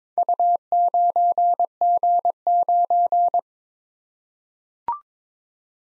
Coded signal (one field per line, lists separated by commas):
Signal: Morse code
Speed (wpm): 22 wpm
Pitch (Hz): 700 Hz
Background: none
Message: U9G9